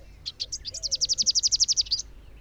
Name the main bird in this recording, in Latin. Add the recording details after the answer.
Basileuterus rufifrons. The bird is a male. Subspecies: rufifrons. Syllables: 19. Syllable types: 7. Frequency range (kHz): 2.6-7.0 kHz. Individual YA-R09-M